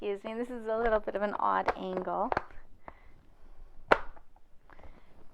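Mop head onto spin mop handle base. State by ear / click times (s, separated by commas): seated / 3.9 s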